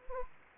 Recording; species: mosquito wingbeat signal from an infrared sensor; Anopheles gambiae